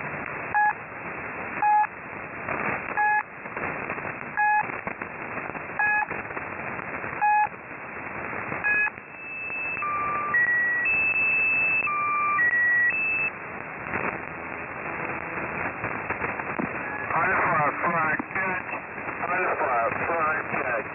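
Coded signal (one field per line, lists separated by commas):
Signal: channel marker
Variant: The Squeaky Wheel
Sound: repeating short squeaky tone pairs, then a few stepped steady tones, then hissy static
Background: radio static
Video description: 00:25 channel maker start 00:34 The Squeaky Wheel message 00:38 channel maker stop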